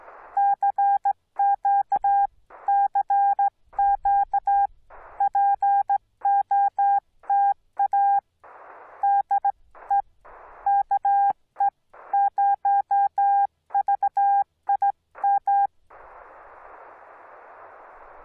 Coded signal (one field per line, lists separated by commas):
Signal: Morse code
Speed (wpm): 16 wpm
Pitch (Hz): 800 Hz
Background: none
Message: CQ CQ POTA DE KE0VIM